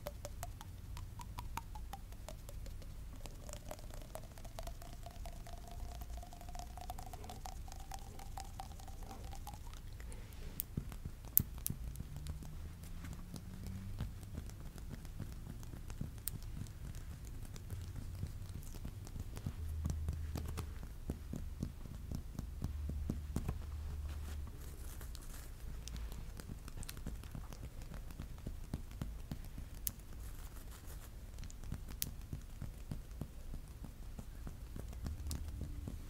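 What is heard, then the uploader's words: Quiet tapping on glasses, teeth, nails and skin runs the whole way through, a dense, irregular patter of sharp little clicks like light rain. A soft low rumble sits underneath, and a faint thin whine drifts through the first ten seconds. ASMR Body Tapping - glasses, teeth, nail, cheek & collarbone tapping, no talking.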